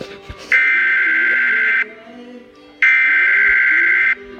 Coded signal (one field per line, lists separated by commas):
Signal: Emergency Alert System (SAME) tones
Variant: header bursts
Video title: EAS #28 Severe Thunderstorm Warning